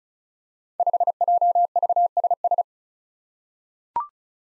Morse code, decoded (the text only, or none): 5JVSS